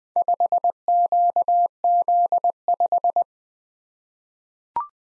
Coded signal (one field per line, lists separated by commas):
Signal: Morse code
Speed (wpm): 20 wpm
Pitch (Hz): 700 Hz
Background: none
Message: 5QZ5